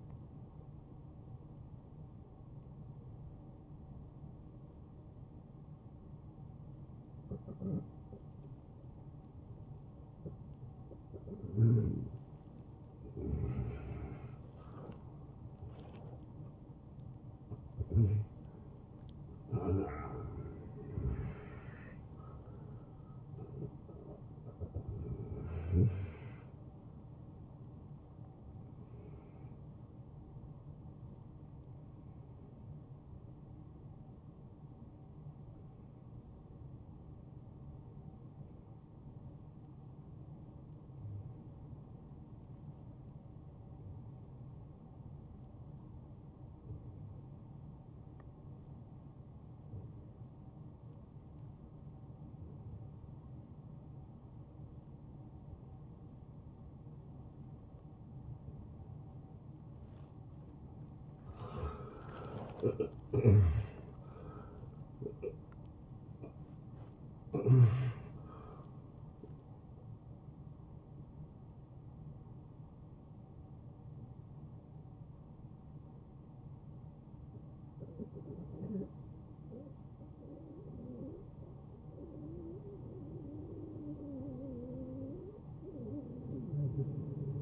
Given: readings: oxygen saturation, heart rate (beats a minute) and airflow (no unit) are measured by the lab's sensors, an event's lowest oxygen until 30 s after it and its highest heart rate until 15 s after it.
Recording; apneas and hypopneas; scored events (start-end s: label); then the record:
breathing in sleep by a smartphone at the bedside; 1
31.00-62.60 s: hypopnea (N1, oxygen 94% highest, then 79% lowest, heart rate 79 at the start, 85 highest)
34.00-64.00 s: new sleep stage, awake
39.00-64.00 s: awake
64.00-87.42 s: new sleep stage, N1 (lightest sleep)
From the record:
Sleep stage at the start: N1 (lightest sleep); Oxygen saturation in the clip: 64 to 95%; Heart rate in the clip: 69 to 93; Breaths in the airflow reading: 10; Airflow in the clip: -20.8 to 9.9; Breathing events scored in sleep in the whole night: 263 in 5.5 hours asleep